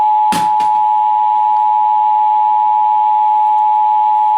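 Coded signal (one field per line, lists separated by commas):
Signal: Emergency Alert System (SAME) tones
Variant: 853 and 960 Hz attention tone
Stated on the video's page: Required monthly test received from NOAA weather radio station KEC60, Milwaukee, Wisconsin.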